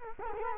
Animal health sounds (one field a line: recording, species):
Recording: mosquito wingbeat signal from an infrared sensor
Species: Culex quinquefasciatus